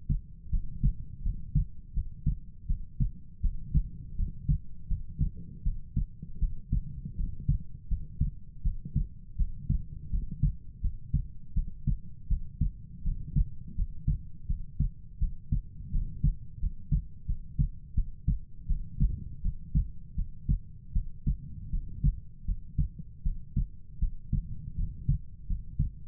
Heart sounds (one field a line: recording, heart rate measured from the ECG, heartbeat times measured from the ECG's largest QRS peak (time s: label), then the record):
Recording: heart sounds by stethoscope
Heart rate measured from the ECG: 82 bpm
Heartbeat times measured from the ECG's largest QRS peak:
0.50 s: heartbeat
1.22 s: heartbeat
1.93 s: heartbeat
2.66 s: heartbeat
3.41 s: heartbeat
4.15 s: heartbeat
4.87 s: heartbeat
5.63 s: heartbeat
6.39 s: heartbeat
7.15 s: heartbeat
7.88 s: heartbeat
8.62 s: heartbeat
9.36 s: heartbeat
10.10 s: heartbeat
10.80 s: heartbeat
11.53 s: heartbeat
12.27 s: heartbeat
13.02 s: heartbeat
13.75 s: heartbeat
14.46 s: heartbeat
15.18 s: heartbeat
15.90 s: heartbeat
16.59 s: heartbeat
17.25 s: heartbeat
17.94 s: heartbeat
18.66 s: heartbeat
19.41 s: heartbeat
20.15 s: heartbeat
20.92 s: heartbeat
21.70 s: heartbeat
22.45 s: heartbeat
23.22 s: heartbeat
23.99 s: heartbeat
24.75 s: heartbeat
25.46 s: heartbeat
From the record:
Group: healthy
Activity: cold pressor test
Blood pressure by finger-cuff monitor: 72/51 mmHg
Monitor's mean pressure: 60 mmHg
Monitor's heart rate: 81 bpm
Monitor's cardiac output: 6.4 L/min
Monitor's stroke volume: 78 mL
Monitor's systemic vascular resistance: 660 dyn s/cm5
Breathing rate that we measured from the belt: 20 breaths a minute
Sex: female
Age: 19 years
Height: 163 cm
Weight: 48.9 kg